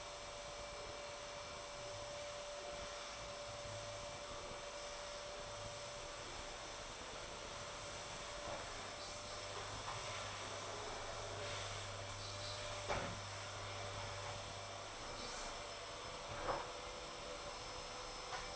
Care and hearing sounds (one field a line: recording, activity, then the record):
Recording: daily activity, microphone in the room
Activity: vacuum cleaning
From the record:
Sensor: 5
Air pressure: 1007.8 hPa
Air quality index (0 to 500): 95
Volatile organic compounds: 1 ppm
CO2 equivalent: 748 ppm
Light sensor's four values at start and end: 36/84/34/34 and 35/82/33/33